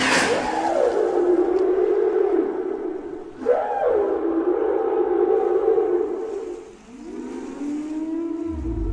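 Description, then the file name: Whale moans, low arching tones repeated with short sharp noise bursts, ending in a rising moan. "Canto de las ballenas"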